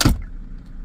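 A cup holder in the centre console of a Maserati GranTurismo S is clicked into place, giving a loud, sharp click at 0.0 s. A faint, softer tick follows at about 0.2 s, then only a quiet low background hum remains. The cup holder is seated.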